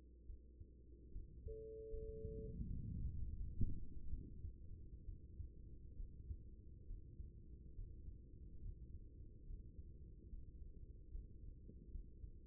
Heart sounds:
heart sounds by stethoscope; 72 bpm
0.26 s: heartbeat
1.12 s: heartbeat
1.90 s: heartbeat
2.67 s: heartbeat
3.37 s: heartbeat
4.09 s: heartbeat
5.05 s: heartbeat
5.96 s: heartbeat
6.86 s: heartbeat
7.75 s: heartbeat
8.61 s: heartbeat
9.46 s: heartbeat
10.29 s: heartbeat
11.10 s: heartbeat
11.91 s: heartbeat
From the record:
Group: healthy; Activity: rest 0-3 s, Valsalva maneuver 3-12 s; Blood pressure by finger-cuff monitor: 113/69 mmHg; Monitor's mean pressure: 84 mmHg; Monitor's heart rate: 72 bpm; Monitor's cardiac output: 6 L/min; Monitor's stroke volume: 83 mL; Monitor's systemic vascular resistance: 1050 dyn s/cm5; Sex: female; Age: 24 years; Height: 163 cm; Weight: 55.7 kg

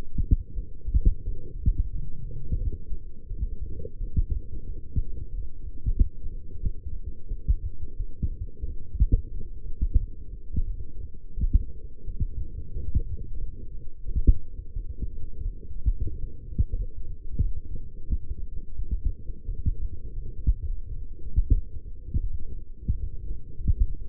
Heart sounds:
heart sounds by stethoscope; 89 bpm
0.54 s: heartbeat
1.23 s: heartbeat
1.91 s: heartbeat
2.59 s: heartbeat
3.28 s: heartbeat
3.98 s: heartbeat
4.65 s: heartbeat
5.30 s: heartbeat
5.95 s: heartbeat
6.61 s: heartbeat
7.29 s: heartbeat
7.97 s: heartbeat
8.65 s: heartbeat
9.32 s: heartbeat
9.98 s: heartbeat
10.65 s: heartbeat
11.35 s: heartbeat
12.05 s: heartbeat
12.72 s: heartbeat
13.39 s: heartbeat
14.06 s: heartbeat
14.74 s: heartbeat
15.43 s: heartbeat
16.10 s: heartbeat
16.76 s: heartbeat
17.41 s: heartbeat
18.08 s: heartbeat
18.77 s: heartbeat
19.46 s: heartbeat
20.14 s: heartbeat
20.66 s: heartbeat
21.53 s: heartbeat
22.21 s: heartbeat
22.90 s: heartbeat
23.56 s: heartbeat
From the record:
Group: healthy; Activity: light exercise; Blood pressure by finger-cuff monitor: 135/75 mmHg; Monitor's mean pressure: 91 mmHg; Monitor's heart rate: 88 bpm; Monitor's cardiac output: 7.9 L/min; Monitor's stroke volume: 90 mL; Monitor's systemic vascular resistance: 850 dyn s/cm5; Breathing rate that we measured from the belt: 8 breaths a minute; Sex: female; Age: 22 years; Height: 171 cm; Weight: 65.6 kg

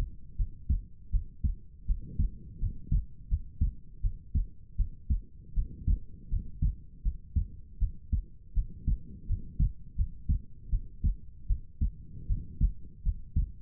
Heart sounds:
heart sounds by stethoscope; 81 bpm
0.36 s: heartbeat
1.10 s: heartbeat
1.85 s: heartbeat
2.58 s: heartbeat
3.28 s: heartbeat
4.01 s: heartbeat
4.76 s: heartbeat
5.53 s: heartbeat
6.29 s: heartbeat
7.02 s: heartbeat
7.78 s: heartbeat
8.53 s: heartbeat
9.26 s: heartbeat
9.95 s: heartbeat
10.69 s: heartbeat
11.47 s: heartbeat
12.26 s: heartbeat
13.02 s: heartbeat
From the record:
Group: healthy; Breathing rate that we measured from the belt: 18 breaths a minute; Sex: female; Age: 19 years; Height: 163 cm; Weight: 48.9 kg

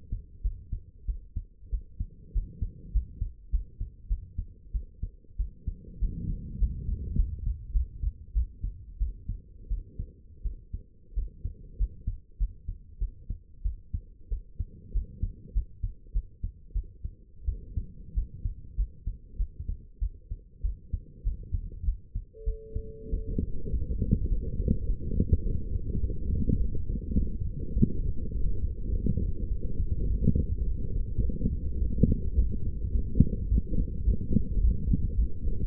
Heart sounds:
heart sounds by stethoscope; 98 bpm
0.43 s: heartbeat
1.07 s: heartbeat
1.71 s: heartbeat
2.34 s: heartbeat
2.93 s: heartbeat
3.51 s: heartbeat
4.09 s: heartbeat
4.73 s: heartbeat
5.38 s: heartbeat
6.00 s: heartbeat
6.59 s: heartbeat
7.16 s: heartbeat
7.73 s: heartbeat
8.34 s: heartbeat
8.99 s: heartbeat
9.69 s: heartbeat
10.43 s: heartbeat
11.15 s: heartbeat
11.78 s: heartbeat
12.39 s: heartbeat
12.99 s: heartbeat
13.63 s: heartbeat
14.30 s: heartbeat
14.93 s: heartbeat
15.54 s: heartbeat
16.13 s: heartbeat
16.74 s: heartbeat
17.46 s: heartbeat
18.15 s: heartbeat
18.76 s: heartbeat
19.38 s: heartbeat
20.00 s: heartbeat
20.63 s: heartbeat
21.24 s: heartbeat
21.85 s: heartbeat
22.45 s: heartbeat
23.11 s: heartbeat
23.71 s: heartbeat
24.29 s: heartbeat
24.86 s: heartbeat
25.43 s: heartbeat
26.01 s: heartbeat
26.58 s: heartbeat
27.16 s: heartbeat
27.74 s: heartbeat
28.32 s: heartbeat
28.91 s: heartbeat
29.49 s: heartbeat
30.08 s: heartbeat
30.65 s: heartbeat
31.22 s: heartbeat
31.79 s: heartbeat
32.36 s: heartbeat
32.92 s: heartbeat
33.49 s: heartbeat
34.05 s: heartbeat
34.61 s: heartbeat
35.16 s: heartbeat
From the record:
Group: healthy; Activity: rest 0-27 s, light exercise 27-36 s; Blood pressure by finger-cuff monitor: 115/75 mmHg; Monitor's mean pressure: 92 mmHg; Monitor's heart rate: 101 bpm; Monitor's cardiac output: 8.2 L/min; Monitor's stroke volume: 84 mL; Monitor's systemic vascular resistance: 800 dyn s/cm5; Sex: female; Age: 22 years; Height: 161 cm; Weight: 65.5 kg

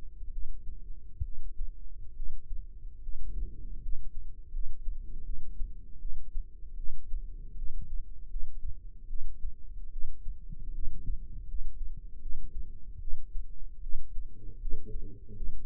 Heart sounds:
heart sounds by microphone in the right ear; 76 bpm
0.31 s: heartbeat
1.23 s: heartbeat
2.15 s: heartbeat
3.01 s: heartbeat
3.81 s: heartbeat
4.51 s: heartbeat
5.24 s: heartbeat
6.00 s: heartbeat
6.76 s: heartbeat
7.56 s: heartbeat
8.29 s: heartbeat
9.08 s: heartbeat
9.91 s: heartbeat
10.73 s: heartbeat
11.47 s: heartbeat
12.20 s: heartbeat
13.00 s: heartbeat
13.82 s: heartbeat
14.60 s: heartbeat
15.35 s: heartbeat
From the record:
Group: healthy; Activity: rest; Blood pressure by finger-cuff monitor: 101/65 mmHg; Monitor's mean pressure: 76 mmHg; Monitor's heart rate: 76 bpm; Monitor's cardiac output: 6.5 L/min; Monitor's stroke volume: 86 mL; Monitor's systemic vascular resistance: 870 dyn s/cm5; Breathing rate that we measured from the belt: 16 breaths a minute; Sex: female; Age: 22 years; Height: 157 cm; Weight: 47.6 kg

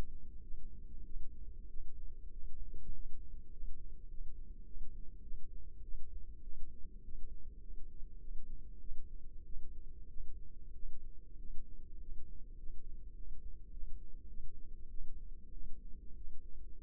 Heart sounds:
heart sounds by microphone in the left ear; 99 bpm
0.41 s: heartbeat
1.04 s: heartbeat
1.67 s: heartbeat
2.31 s: heartbeat
2.92 s: heartbeat
3.50 s: heartbeat
4.08 s: heartbeat
4.64 s: heartbeat
5.21 s: heartbeat
5.81 s: heartbeat
6.41 s: heartbeat
7.02 s: heartbeat
7.60 s: heartbeat
8.19 s: heartbeat
8.78 s: heartbeat
9.44 s: heartbeat
10.07 s: heartbeat
10.73 s: heartbeat
11.37 s: heartbeat
11.98 s: heartbeat
12.56 s: heartbeat
13.14 s: heartbeat
13.71 s: heartbeat
14.27 s: heartbeat
14.88 s: heartbeat
15.51 s: heartbeat
16.15 s: heartbeat
From the record:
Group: healthy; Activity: rest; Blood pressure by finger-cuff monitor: 125/80 mmHg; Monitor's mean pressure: 91 mmHg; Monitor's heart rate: 101 bpm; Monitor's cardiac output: 7.6 L/min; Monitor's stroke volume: 76 mL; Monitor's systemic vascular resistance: 860 dyn s/cm5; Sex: female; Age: 19 years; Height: 163 cm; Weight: 51 kg

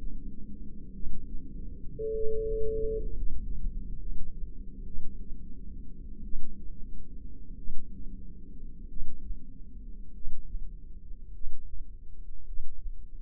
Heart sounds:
heart sounds by microphone in the left ear; 52 bpm
0.91 s: heartbeat
2.11 s: heartbeat
3.11 s: heartbeat
3.98 s: heartbeat
4.84 s: heartbeat
6.23 s: heartbeat
7.56 s: heartbeat
8.87 s: heartbeat
10.11 s: heartbeat
11.31 s: heartbeat
12.43 s: heartbeat
From the record:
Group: healthy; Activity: rest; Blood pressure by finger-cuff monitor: 175/78 mmHg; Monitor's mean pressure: 104 mmHg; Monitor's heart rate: 49 bpm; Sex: male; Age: 25 years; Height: 170 cm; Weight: 70.4 kg

